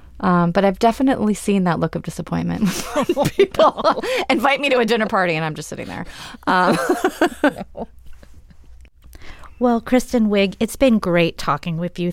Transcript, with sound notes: But I've definitely seen that look of disappointment with people.
(LAUGHTER)
Invite me to a dinner party, and I'm just sitting there.
Well, Kristen Wiig, it's been great talking with you.